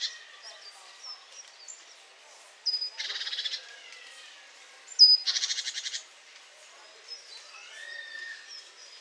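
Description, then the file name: Great tit churring call: two harsh, buzzy rattles, each preceded by a sharp high note, amid soft whistles and chirps. "Parus major"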